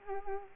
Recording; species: mosquito wingbeat signal from an infrared sensor; Culex quinquefasciatus